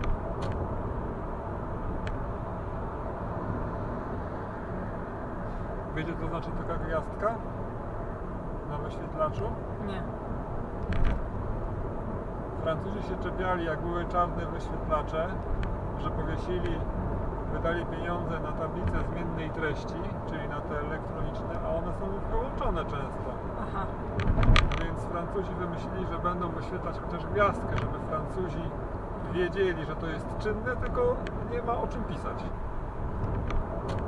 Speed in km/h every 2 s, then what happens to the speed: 89, 89, 84, 80, 78, 78, 81, 82, 83, 86, 88, 89, 89, 88, 83, 80, 78.
0-8 slows to 78. 8-21 speeds up to 89. 21-26 steady at about 89. 26-34 slows to 78.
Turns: none.